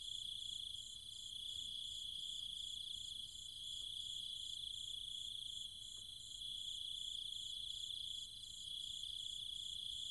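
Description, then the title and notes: Cicadas keep up a relentless shrill drone with a regular pulsing overtone, interrupted by slight drops in volume; a few faint clicks. Recorded at night in trees and fields of the countryside around Chiang Mai, Thailand, with other insects calling alongside the cicadas. "Cicada countryside, Thailand. Nighttime sounds of the cicadas and insects in the trees and fields, Chiang Mai, Thailand. Recorded by Alex Boyesen"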